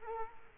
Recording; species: mosquito wingbeat signal from an infrared sensor; Culex quinquefasciatus